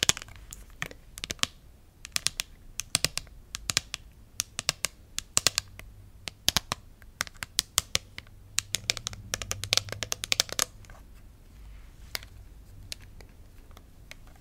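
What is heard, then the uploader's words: Tingly tapping fills the clip with sharp, dry clicks in quick, uneven bursts, sometimes clustered and sometimes spaced apart. A soft low rumble runs underneath, thickening around the ninth to eleventh second, where faint scratching blends with the taps. ASMR Tingly Tapping, Tracing & Scratching.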